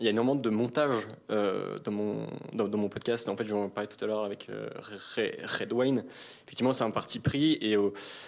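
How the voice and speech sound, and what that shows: An adult man speaks French in a quiet room at a moderate pace. He repeats whole words ('dans, dans mon') and a part-word ('Re-Red'), with creaky drawn-out fillers and half-second pauses between them. These repetitions and breaks fit mild stuttering.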